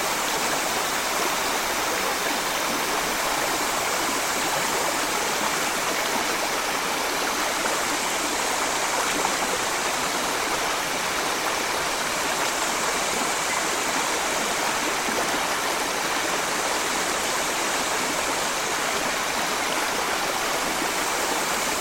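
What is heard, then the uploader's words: A rainforest river runs steadily, its rushing, splashing flow filling the whole 22 seconds with a dense, even wash of bright hiss. The sound stays unchanging, with a soft gurgling texture underneath and no distinct events or other sounds standing out. Jungle River: Nature Soundscape. Drift along a tranquil rainforest river.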